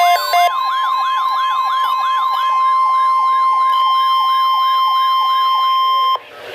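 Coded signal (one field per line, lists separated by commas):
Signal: Emergency Alert System (SAME) tones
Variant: 1050 Hz attention tone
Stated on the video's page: PDS Severe Thunderstorm Watch sent by NOAA Weather Radio station in Milwaukee, Wisconsin.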